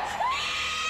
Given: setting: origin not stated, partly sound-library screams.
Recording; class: one-second piece from a danger detection set; woman in danger